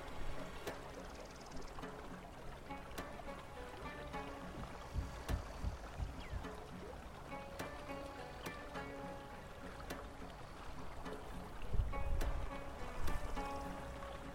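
Distant music plays alongside river sounds, its sustained notes shifting slowly over a constant low rumble of moving water. Sharp knocks or splashes land roughly every one to two seconds, and the whole scene grows a little louder after about twelve seconds.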